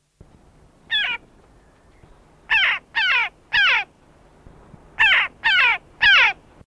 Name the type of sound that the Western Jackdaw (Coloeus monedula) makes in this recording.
call